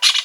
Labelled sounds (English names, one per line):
Brown-throated Parakeet contact call